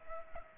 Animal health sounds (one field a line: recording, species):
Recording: mosquito wingbeat signal from an infrared sensor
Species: Aedes aegypti